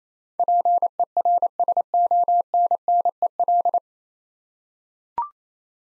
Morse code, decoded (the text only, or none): PERSONNEL